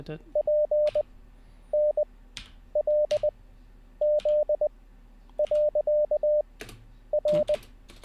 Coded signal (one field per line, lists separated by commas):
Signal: Morse code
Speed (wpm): 20 wpm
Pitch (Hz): 600 Hz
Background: none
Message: P N L Z . R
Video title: How To Learn Morse Code LIVE with N0SSC (Day 8)